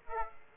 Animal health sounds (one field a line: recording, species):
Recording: mosquito wingbeat signal from an infrared sensor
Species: Aedes aegypti